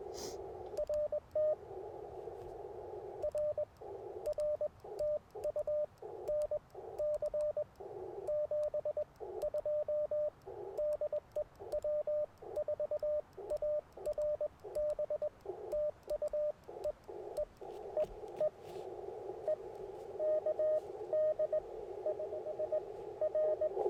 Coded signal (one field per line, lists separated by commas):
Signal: Morse code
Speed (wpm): 20 wpm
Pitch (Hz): 590 Hz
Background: radio noise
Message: RT RR TU NC 72 DE W4ARB TU E E E E E K DIS R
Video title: Morning Morse Code at Tuskegee National Forest K-4451 - 11/22/23